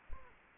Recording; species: mosquito wingbeat signal from an infrared sensor; Aedes aegypti